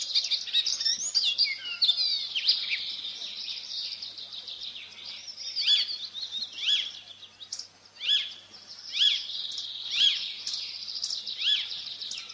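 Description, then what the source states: Icterine warbler delivering a quick jumble of varied chirps, then a series of separate short sharp notes. Song made entirely of borrowed fragments; its own characteristic sound is a nasal 'pey'.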